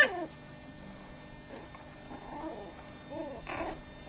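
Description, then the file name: Dog: puppies whimpering softly, a few short rising-and-falling whines spread over four seconds, with faint background hum and a brief rustle near the end. Puppies, 12 September 2004. "gizmo welpen"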